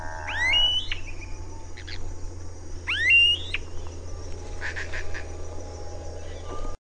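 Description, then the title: Smooth-billed ani with two rising, whining call notes in the first half, followed by scattered clicks and faint chirps against a low hum. "LuckyPassaro Completos2Sama. Smooth-billed Ani (Crotophaga ani)"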